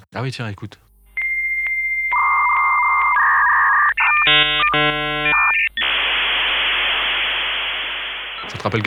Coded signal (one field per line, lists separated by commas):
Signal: dial-up modem handshake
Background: speech